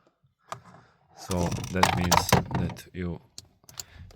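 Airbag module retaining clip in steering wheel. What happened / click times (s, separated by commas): A spring clip snapped open and released / 0.5 s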